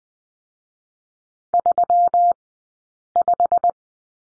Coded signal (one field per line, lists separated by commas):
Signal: Morse code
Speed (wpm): 20 wpm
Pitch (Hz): 700 Hz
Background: none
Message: 35